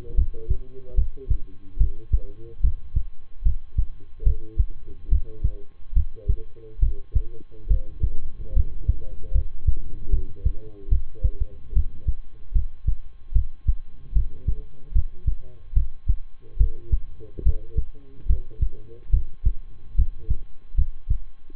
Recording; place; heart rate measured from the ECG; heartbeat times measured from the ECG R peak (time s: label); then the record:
heart sounds by stethoscope; between the tricuspid and mitral areas; 73 bpm
0.14 s: heartbeat
0.94 s: heartbeat
1.77 s: heartbeat
2.60 s: heartbeat
3.42 s: heartbeat
4.23 s: heartbeat
5.08 s: heartbeat
5.93 s: heartbeat
6.79 s: heartbeat
7.67 s: heartbeat
8.53 s: heartbeat
9.31 s: heartbeat
10.09 s: heartbeat
10.88 s: heartbeat
11.73 s: heartbeat
12.52 s: heartbeat
13.32 s: heartbeat
14.12 s: heartbeat
14.92 s: heartbeat
15.73 s: heartbeat
16.57 s: heartbeat
17.42 s: heartbeat
18.26 s: heartbeat
19.10 s: heartbeat
19.95 s: heartbeat
20.74 s: heartbeat
21.55 s: heartbeat
From the record:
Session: rest, lying down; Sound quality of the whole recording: good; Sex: male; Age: 23 years